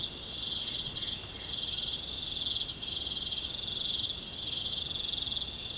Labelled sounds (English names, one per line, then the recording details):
none
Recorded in pastures near Puerto Asís, Putumayo, Colombia, on 29 June 2025 at 19:00
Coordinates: 0.472, -76.331
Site G095